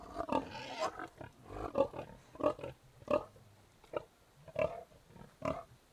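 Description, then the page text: Tamworth pig giving several short grunts, some louder than others, over a low wind hiss. Three Tamworth pigs outdoors in a yard, grunting, with some wind noise, close perspective. "Three Tamworth Pigs, exterior, grunting in yard, some wind noise"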